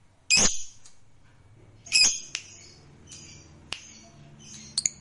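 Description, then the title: Lovebird calling with a few sharp, shrill squawks spaced irregularly, each short and harsh, with quieter clicks between them. Fighter lovebird giving ngekek panjang, a long trill. "Begitu Dengar Suara Lovebird FIGHTER NGEKEK PANJANG"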